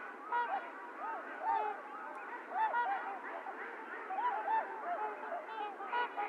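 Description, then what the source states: Trumpeter swans giving horn-like honks in short bursts over a continuous background of other swans calling. Several trumpeter swans recorded 28 January 2022; low frequencies filtered out (low-cut).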